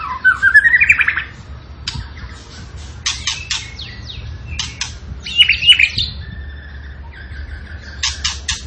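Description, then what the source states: Zebra finch singing: a short series of rising chirps, then scattered buzzy nasal bursts separated by brief pauses, with a low hum behind. Cage-bird training recording of a tembakan singing actively and persistently, used to teach song to other caged birds.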